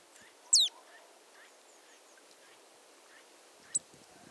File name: Poecile palustris